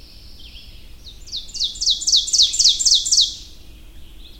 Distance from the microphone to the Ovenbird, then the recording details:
about 5 m. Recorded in boreal forest in Alberta, Canada, on 22 June 2016 at 05:40. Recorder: SongMeter 3, array SBT-6-76. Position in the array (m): 150 m, 110 m. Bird 3